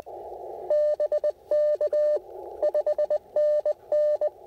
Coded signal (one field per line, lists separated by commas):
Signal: Morse code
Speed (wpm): 16 wpm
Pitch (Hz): 590 Hz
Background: none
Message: BK 5NN